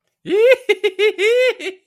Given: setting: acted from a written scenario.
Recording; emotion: vocal sound without words; triumph